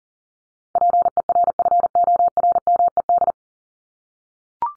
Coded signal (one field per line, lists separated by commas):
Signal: Morse code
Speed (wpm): 40 wpm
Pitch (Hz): 700 Hz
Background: none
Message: PERFORMED